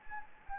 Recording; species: mosquito wingbeat signal from an infrared sensor; Anopheles gambiae